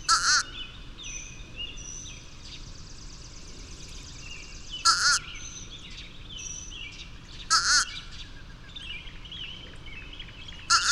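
Bird giving four loud, grating calls at uneven intervals while other small birds chirp and twitter quietly behind.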